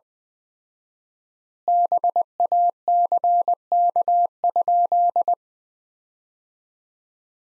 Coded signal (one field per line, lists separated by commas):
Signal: Morse code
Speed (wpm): 20 wpm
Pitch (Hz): 700 Hz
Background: none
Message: BACK?